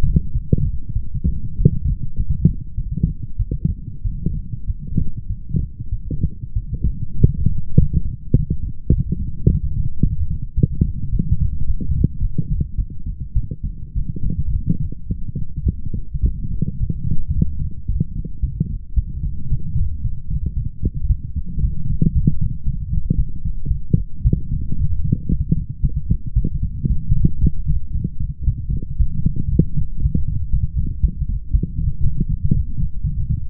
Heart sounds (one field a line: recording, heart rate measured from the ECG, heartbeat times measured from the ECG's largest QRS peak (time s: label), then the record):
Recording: heart sounds by stethoscope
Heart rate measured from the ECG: 108 bpm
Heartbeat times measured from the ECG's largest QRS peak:
0.32 s: heartbeat
0.93 s: heartbeat
1.56 s: heartbeat
2.15 s: heartbeat
2.75 s: heartbeat
3.37 s: heartbeat
4.02 s: heartbeat
4.65 s: heartbeat
5.27 s: heartbeat
5.90 s: heartbeat
6.54 s: heartbeat
7.16 s: heartbeat
7.75 s: heartbeat
8.32 s: heartbeat
8.89 s: heartbeat
9.46 s: heartbeat
10.01 s: heartbeat
10.55 s: heartbeat
11.10 s: heartbeat
11.65 s: heartbeat
12.20 s: heartbeat
12.76 s: heartbeat
13.34 s: heartbeat
13.93 s: heartbeat
14.51 s: heartbeat
15.07 s: heartbeat
15.64 s: heartbeat
16.21 s: heartbeat
16.77 s: heartbeat
17.32 s: heartbeat
17.86 s: heartbeat
18.40 s: heartbeat
18.94 s: heartbeat
19.49 s: heartbeat
20.02 s: heartbeat
20.54 s: heartbeat
21.07 s: heartbeat
21.60 s: heartbeat
22.13 s: heartbeat
22.64 s: heartbeat
23.16 s: heartbeat
23.68 s: heartbeat
24.22 s: heartbeat
24.76 s: heartbeat
25.29 s: heartbeat
25.81 s: heartbeat
26.34 s: heartbeat
26.87 s: heartbeat
27.40 s: heartbeat
27.92 s: heartbeat
28.45 s: heartbeat
28.97 s: heartbeat
29.49 s: heartbeat
30.00 s: heartbeat
30.51 s: heartbeat
31.01 s: heartbeat
31.51 s: heartbeat
32.02 s: heartbeat
32.52 s: heartbeat
33.02 s: heartbeat
From the record:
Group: healthy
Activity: light exercise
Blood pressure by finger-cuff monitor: 105/69 mmHg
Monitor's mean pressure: 80 mmHg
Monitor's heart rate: 109 bpm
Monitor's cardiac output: 8.3 L/min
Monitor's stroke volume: 76 mL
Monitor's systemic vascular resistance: 690 dyn s/cm5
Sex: female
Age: 19 years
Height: 163 cm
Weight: 48.9 kg